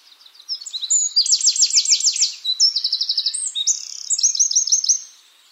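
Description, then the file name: Eurasian wren song, a vigorous high-pitched outpouring of quick trills and sharp notes changing pace several times. "Troglodytes troglodytes"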